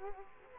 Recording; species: mosquito wingbeat signal from an infrared sensor; Culex quinquefasciatus